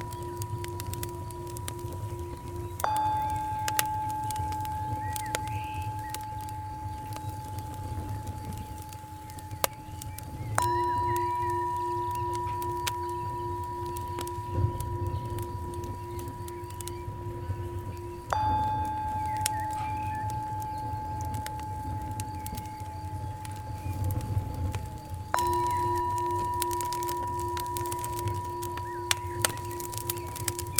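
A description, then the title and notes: Long, steady singing bowl tones ring and fade, with a new strike about every eight seconds, over a low warm rumble and faint crackles. Singing Bowl Meditation (Warm Fire White Noise)-852+963Hz.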